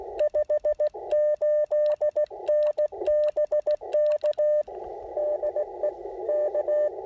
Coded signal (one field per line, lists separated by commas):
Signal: Morse code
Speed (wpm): 17 wpm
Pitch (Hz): 600 Hz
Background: radio noise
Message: 58N BK DE K